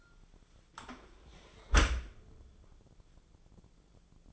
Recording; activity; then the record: daily activity, microphone in the room; close dishwasher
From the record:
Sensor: 5